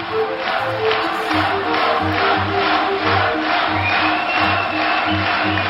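A large crowd of supporters cheers at a political rally for candidate Jacques Chaban-Delmas in Boulogne-Billancourt on 25 April, a dense, steady roar of voices with a rhythmic low pulse running underneath, loud throughout.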